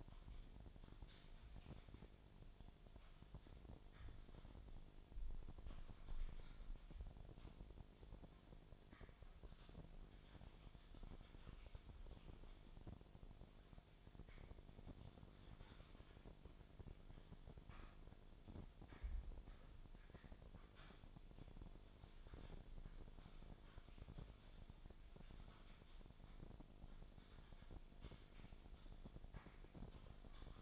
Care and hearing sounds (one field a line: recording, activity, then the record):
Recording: daily activity, microphone in the room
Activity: typing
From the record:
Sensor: 5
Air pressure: 1009.6 hPa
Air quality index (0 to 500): 168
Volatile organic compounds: 4 ppm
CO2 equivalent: 1629 ppm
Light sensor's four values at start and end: 104/273/112/119 and 101/268/109/116